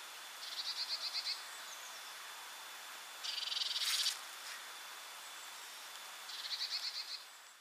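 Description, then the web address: Eurasian blue tit giving three bursts of rapid pulsed notes, about one second each; the middle burst is louder and has a brief rustling noise over its end. "SETE data Cyanistes caeruleus"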